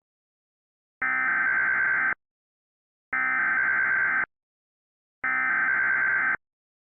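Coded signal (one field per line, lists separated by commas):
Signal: Emergency Alert System (SAME) tones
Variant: header bursts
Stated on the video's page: Fictional analog-horror EAS scenario about a sudden unnatural temperature drop, with audio made in Audacity and Balabolka.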